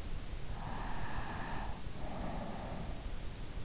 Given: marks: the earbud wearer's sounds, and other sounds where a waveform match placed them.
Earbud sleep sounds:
sounds in sleep by an in-ear microphone; breath
0.61-3.41 s: breath

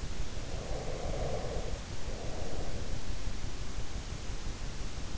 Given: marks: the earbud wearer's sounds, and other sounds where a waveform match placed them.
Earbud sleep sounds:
sounds in sleep by an in-ear microphone; breath
0.34-3.55 s: breath

